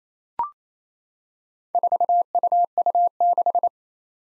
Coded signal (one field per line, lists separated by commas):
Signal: Morse code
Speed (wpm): 27 wpm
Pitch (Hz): 700 Hz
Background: none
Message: 4UU6